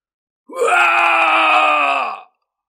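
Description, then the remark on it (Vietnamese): A man lets out a loud, sustained scream lasting almost two seconds, strained and harmonically rich, rising sharply at the start and holding steady before cutting off abruptly, as his arm begins to disintegrate. “Gã hét to, cánh tay bắt đầu tan rã, xương cốt máu thịt đều thành thịt nát.”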